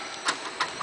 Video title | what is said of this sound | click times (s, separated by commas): 2008 Chevy Avalanche VEHICLEMAX.NET White #30562 Used Trucks Miami FL | there we go probably heard it click over now okay and that's how you access it | 0.6 s